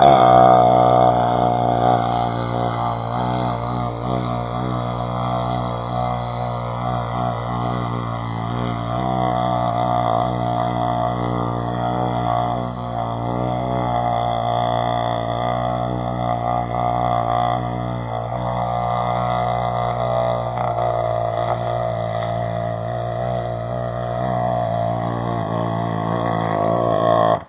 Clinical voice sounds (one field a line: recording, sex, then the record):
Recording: sustained vowel /a/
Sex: male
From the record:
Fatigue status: fatigue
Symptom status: symptomatic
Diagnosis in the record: COVID-19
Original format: 3gp